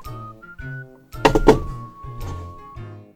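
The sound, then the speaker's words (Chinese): Two quick, solid knocks on a door, a dull thudding pair, heard over a steady background of soft sustained musical tones. “好巧呀，要没这个人敲门的话，估计就不可描述的事情也发生了。”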